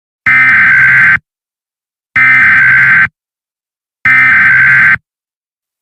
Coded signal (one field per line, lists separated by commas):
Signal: Emergency Alert System (SAME) tones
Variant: header bursts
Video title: An EAS Scenario Story-Dry Energy